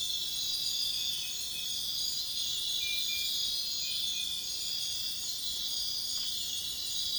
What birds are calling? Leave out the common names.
none